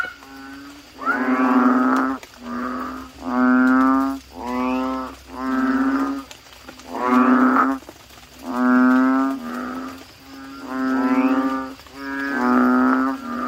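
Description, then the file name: Asian common toad chorus, steady nasal croaks about one second long, repeated in a loose rhythm with callers overlapping. "suara kodok bangkong"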